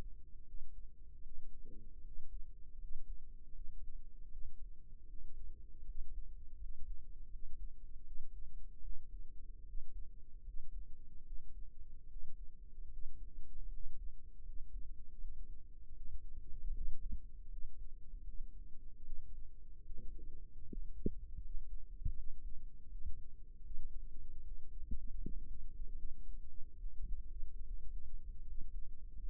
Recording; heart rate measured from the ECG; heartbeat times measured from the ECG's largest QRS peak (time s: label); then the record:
heart sounds by microphone in the right ear; 77 bpm
0.46 s: heartbeat
1.23 s: heartbeat
2.03 s: heartbeat
2.79 s: heartbeat
3.53 s: heartbeat
4.29 s: heartbeat
5.06 s: heartbeat
5.85 s: heartbeat
6.58 s: heartbeat
7.30 s: heartbeat
8.04 s: heartbeat
8.81 s: heartbeat
9.65 s: heartbeat
10.44 s: heartbeat
11.24 s: heartbeat
12.08 s: heartbeat
12.90 s: heartbeat
13.70 s: heartbeat
14.44 s: heartbeat
15.18 s: heartbeat
15.94 s: heartbeat
16.72 s: heartbeat
17.49 s: heartbeat
18.25 s: heartbeat
19.03 s: heartbeat
19.84 s: heartbeat
20.66 s: heartbeat
21.41 s: heartbeat
22.14 s: heartbeat
22.88 s: heartbeat
23.63 s: heartbeat
24.43 s: heartbeat
25.20 s: heartbeat
25.96 s: heartbeat
26.77 s: heartbeat
27.62 s: heartbeat
28.44 s: heartbeat
29.23 s: heartbeat
From the record:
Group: healthy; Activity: cold pressor test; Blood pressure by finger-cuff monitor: 108/71 mmHg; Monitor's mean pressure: 83 mmHg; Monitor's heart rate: 78 bpm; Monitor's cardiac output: 6.8 L/min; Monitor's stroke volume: 87 mL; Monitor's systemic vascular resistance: 880 dyn s/cm5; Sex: male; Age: 22 years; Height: 181 cm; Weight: 79 kg